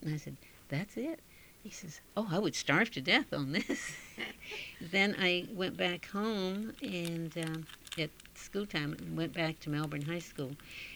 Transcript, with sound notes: And I said, "That's it." He says, "Oh, I would starve to death on this." (they laugh) Then I went back home, and, at school time went back to Melbourne High School.